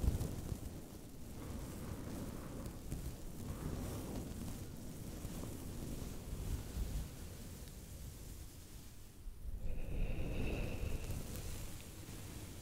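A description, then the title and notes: Slow brushing against a microphone makes a soft, deep rumbling rush that swells and fades in long, uneven strokes. The sound stays close and dull, mostly low with a thin hiss on top. Near ten seconds a brief high whistle-like tone appears. Slow mic brushing.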